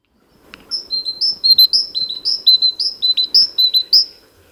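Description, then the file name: Great tit delivering a clear, ringing series of paired high and lower notes in quick, even rhythm. "Parus major"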